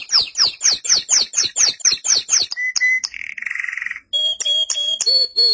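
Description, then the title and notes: Canary song: evenly repeated sweeping down-slurred notes, then a steady whistled tone, a buzzy rattle, and clipped high notes with low undertones. "BM Suara Kenari. BM Suara Burung Kenari"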